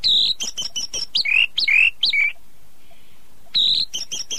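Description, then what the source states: Oriental magpie-robin singing a rapid run of varied chirps and downward-slurred whistles, a brief pause, then the lively phrase resumes with high, sharp notes. Singing (kicau).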